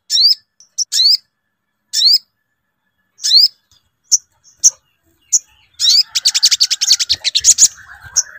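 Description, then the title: Brown-throated sunbird song: sharp, upslurred high chirps at uneven intervals of a second or so, ending in a fast, buzzy chattering trill with some lower notes underneath. Bird-song training recording (masteran), Labaik song variant. "Masteran Burung Sogok Ontong Labaik"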